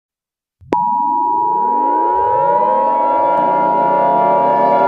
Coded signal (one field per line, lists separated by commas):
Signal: Emergency Alert System (SAME) tones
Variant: 853 and 960 Hz attention tone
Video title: EAS Scenario 44: The Second coming